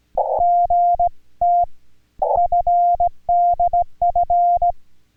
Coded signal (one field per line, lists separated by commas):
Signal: Morse code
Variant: Korean alphabet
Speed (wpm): 18 wpm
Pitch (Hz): 700 Hz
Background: none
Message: 서 는